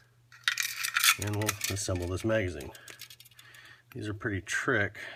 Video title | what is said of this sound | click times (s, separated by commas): Glock 20 and Arredondo and TTI base pads - FAIL | Good solid snap into place, | 0.5 s